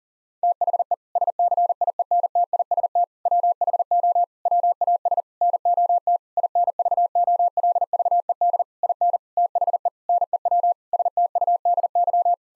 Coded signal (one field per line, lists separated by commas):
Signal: Morse code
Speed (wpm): 40 wpm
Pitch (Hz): 700 Hz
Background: none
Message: THE SCIENTIST WHO WAS NOT INVOLVED IN THE NEW STUDY